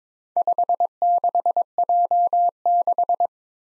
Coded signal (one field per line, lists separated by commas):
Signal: Morse code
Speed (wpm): 22 wpm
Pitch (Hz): 700 Hz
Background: none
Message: 56J6